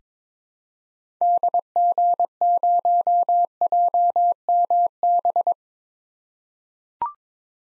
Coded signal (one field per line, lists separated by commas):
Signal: Morse code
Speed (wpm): 22 wpm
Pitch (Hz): 700 Hz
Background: none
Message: DG0JMB